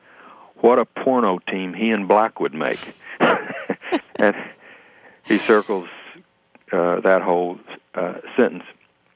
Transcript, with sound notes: What a porno team he and Black would make.
(LAUGHTER)
He circles that whole sentence.